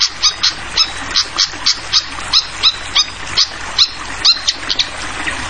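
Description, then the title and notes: Fantail giving a fast series of sharp, high chipping notes over a steady hiss like running water. Tutoring track (masteran) for training songbirds, featuring a clear-voiced fantail mixed with the sound of flowing water. "Masteran Sikatan Kipas Suara Jernih Dan Suara Gemericik Air. Suara Burung Sikatan Londo"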